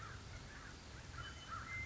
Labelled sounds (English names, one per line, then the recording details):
American Crow
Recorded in Sonoma County, California